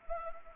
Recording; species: mosquito wingbeat signal from an infrared sensor; Anopheles arabiensis